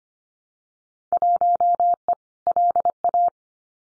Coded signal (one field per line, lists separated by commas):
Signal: Morse code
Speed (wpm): 25 wpm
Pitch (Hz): 700 Hz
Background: none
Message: 1E LA